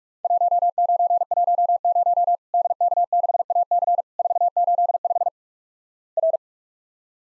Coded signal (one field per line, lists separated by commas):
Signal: Morse code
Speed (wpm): 46 wpm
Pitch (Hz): 700 Hz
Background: none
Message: 1910 DK6AC 485 R